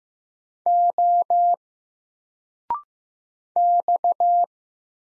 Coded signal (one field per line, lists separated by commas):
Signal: Morse code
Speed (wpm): 15 wpm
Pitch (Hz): 700 Hz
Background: none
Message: O X